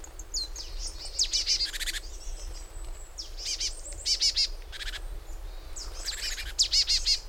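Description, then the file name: Marsh tit calls: sharp high downslurred notes, each run into a short series of buzzy, rasping 'dee-dee-dee' notes, three bouts throughout. "Poecile palustris"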